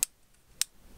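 A plastic front bezel is pressed back onto the new CD/DVD optical drive for a Dell Inspiron 1545 laptop until its clips engage. Two sharp, loud snaps ring out at 0.0 s and 0.6 s over a quiet background, with a faint tick between them. The bezel is seated.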